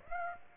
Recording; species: mosquito wingbeat signal from an infrared sensor; Aedes aegypti